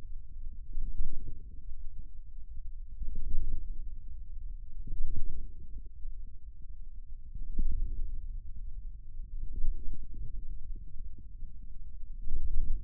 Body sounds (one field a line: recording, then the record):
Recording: forearm muscle sounds (acoustic myography)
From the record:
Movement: wrist extension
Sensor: system 2, bracelet of six BSWA MPA416 microphones around the upper forearm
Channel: 6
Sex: male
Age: 22 years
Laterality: right